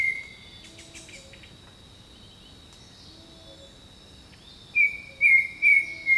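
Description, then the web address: Bird delivering four level whistled notes in quick succession near the end, after quieter soft calls, all over a steady high insect buzz. Jungle birdsong. "Echoes of Nature - Jungle Talk Jungle Birdsong"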